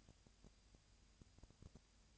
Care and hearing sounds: daily activity, microphone in the room; no activity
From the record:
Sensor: 2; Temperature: 20.3 degrees Celsius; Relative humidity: 37.0%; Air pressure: 998.6 hPa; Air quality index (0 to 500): 236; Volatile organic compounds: 38 ppm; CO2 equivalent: 3120 ppm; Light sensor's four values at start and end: 2/3/2/2 and 2/3/2/2

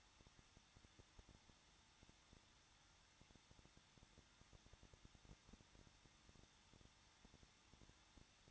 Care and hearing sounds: daily activity, microphone in the room; no activity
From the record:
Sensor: 3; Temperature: 21.2 degrees Celsius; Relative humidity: 36.4%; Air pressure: 1006.4 hPa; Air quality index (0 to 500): 223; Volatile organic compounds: 43 ppm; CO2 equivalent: 3191 ppm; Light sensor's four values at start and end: 2/3/2/2 and 2/3/2/2

